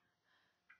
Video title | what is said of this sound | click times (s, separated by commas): Thrift Store Finds 2019 Nov 23 Haul | okay snaps back in and | 0.7 s